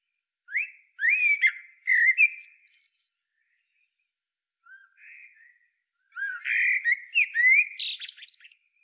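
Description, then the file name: Eurasian blackbird song: two phrases, each opening with low fluted warbling notes and ending in high squeaky twitters, separated by a short quiet gap. "Turdus merula"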